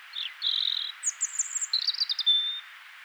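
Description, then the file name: European robin song phrase: a high whistled note, a fast very high trill, a rapid twittering run, then a clear sustained thin whistle. "Erithacus rubecula"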